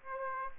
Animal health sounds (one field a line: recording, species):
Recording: mosquito wingbeat signal from an infrared sensor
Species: Aedes aegypti